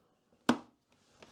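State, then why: Seated. Smart glasses are pushed into their charging case after a protective paper tab has been removed. A sharp click at 0.5 s shows them seating in the case, followed by a fainter tap near 1.2 s.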